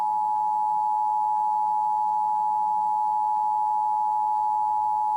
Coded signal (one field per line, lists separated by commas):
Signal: Emergency Alert System (SAME) tones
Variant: 853 and 960 Hz attention tone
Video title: National Emergency Alert System Test (9-28-2016) (Portland, OR)